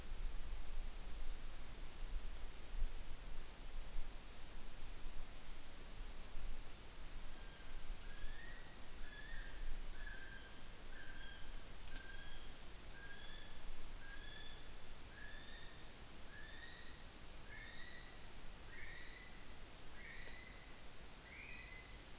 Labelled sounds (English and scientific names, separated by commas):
North Island Brown Kiwi (Apteryx mantelli) male call